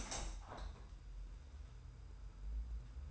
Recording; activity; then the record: daily activity, microphone in the room; open window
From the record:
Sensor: 2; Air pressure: 990.2 hPa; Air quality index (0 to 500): 196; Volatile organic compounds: 1000 ppm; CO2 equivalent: 6235 ppm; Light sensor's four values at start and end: 24/56/23/23 and 23/55/22/22